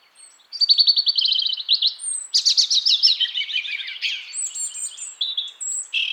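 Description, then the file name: European robin song, nearly continuous: a rapid ticking trill, then a dense jangle of high warbles and thin whistles without a break. "Erithacus rubecula"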